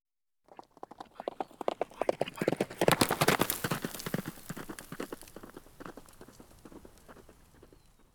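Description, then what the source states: Horse hoofbeats at a canter, a rapid, uneven drumming of thuds on dirt that swells to a peak near the middle and then fades away as the horse passes. Cantering by on dirt.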